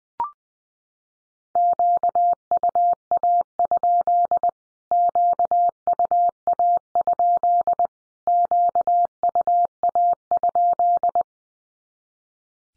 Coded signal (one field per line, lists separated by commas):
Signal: Morse code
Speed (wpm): 20 wpm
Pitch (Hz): 700 Hz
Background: none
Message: QUA? QUA? QUA?